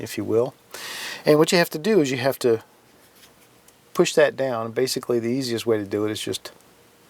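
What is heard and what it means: A Ruger LC9s Pro pistol frame's small slide/takedown lever is handled while someone talks about pushing it down with a finger, with a brief faint sound near 3.7 s. Nothing has seated or clicked yet; the clip ends before the lever clicks down to expose the takedown pin.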